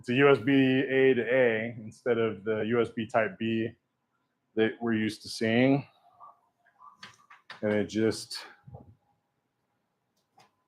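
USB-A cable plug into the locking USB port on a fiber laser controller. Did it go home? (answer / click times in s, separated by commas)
yes / 7.5 s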